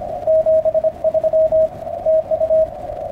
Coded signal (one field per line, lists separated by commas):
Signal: Morse code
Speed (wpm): 26 wpm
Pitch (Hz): 640 Hz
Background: radio noise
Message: 73 TU